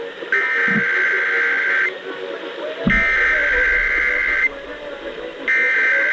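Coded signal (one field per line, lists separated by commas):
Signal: Emergency Alert System (SAME) tones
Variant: header bursts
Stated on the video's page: KDKA Required Weekly Test on KDKA AM, then relayed on KPL20.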